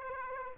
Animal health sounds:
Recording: mosquito wingbeat signal from an infrared sensor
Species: Aedes aegypti

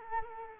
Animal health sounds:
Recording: mosquito wingbeat signal from an infrared sensor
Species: Culex quinquefasciatus

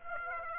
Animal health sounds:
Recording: mosquito wingbeat signal from an infrared sensor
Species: Aedes aegypti

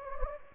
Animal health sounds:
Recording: mosquito wingbeat signal from an infrared sensor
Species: Anopheles gambiae

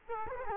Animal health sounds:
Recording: mosquito wingbeat signal from an infrared sensor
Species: Culex quinquefasciatus

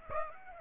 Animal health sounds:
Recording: mosquito wingbeat signal from an infrared sensor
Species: Aedes aegypti

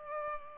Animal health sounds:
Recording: mosquito wingbeat signal from an infrared sensor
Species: Culex pipiens

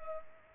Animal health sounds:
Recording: mosquito wingbeat signal from an infrared sensor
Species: Culex pipiens

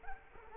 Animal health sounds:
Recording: mosquito wingbeat signal from an infrared sensor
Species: Culex quinquefasciatus

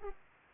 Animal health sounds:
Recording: mosquito wingbeat signal from an infrared sensor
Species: Aedes aegypti

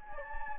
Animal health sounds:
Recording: mosquito wingbeat signal from an infrared sensor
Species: Anopheles gambiae

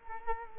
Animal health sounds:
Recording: mosquito wingbeat signal from an infrared sensor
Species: Culex quinquefasciatus

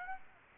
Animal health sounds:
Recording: mosquito wingbeat signal from an infrared sensor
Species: Aedes aegypti

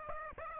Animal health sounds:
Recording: mosquito wingbeat signal from an infrared sensor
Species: Aedes aegypti

